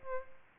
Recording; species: mosquito wingbeat signal from an infrared sensor; Aedes albopictus